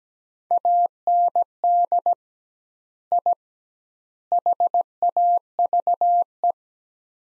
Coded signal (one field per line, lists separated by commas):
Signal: Morse code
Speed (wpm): 17 wpm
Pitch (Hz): 700 Hz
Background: none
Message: AND I HAVE